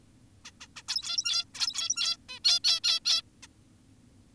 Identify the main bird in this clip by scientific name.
Taeniopygia guttata